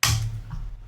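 The second RAM stick is pushed down into the memory slot of an ASUSTOR AS5404T NAS until its retaining clips latch, giving a sharp, loud click at 0.0 s. A much fainter tap follows at about 0.5 s as the sound fades, and the module is seated.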